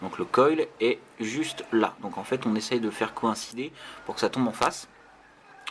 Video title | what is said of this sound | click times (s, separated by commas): Présentation MegaVap de L'ERA V2 | On va pousser, voilà, c'est clipsé. | 5.7 s